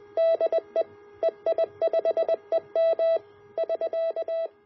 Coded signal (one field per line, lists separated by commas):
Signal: Morse code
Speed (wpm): 20 wpm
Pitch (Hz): 660 Hz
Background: none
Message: DE EI5EM <SK>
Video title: Review of EGV+V2 CW QRP Transceiver